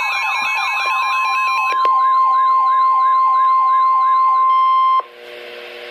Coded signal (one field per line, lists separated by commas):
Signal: Emergency Alert System (SAME) tones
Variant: 1050 Hz attention tone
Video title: Special Marine Warning - 06/17/13 (EAS #451)